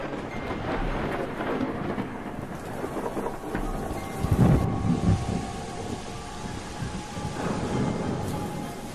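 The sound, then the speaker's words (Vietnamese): A deep, rolling rumble of thunder swells and fades over a steady hiss of rain and gusting wind, with a louder low crack building around the middle before settling back into the storm, outside in the courtyard in front of a villa at midnight, with lightning flashing. “Đổi lại, ở bên ngoài chỉ có tiếng sấm rền, tiếng mưa gió và ánh chớp ngang dọc soi sáng cả khoảng sân ở trước biệt thự.”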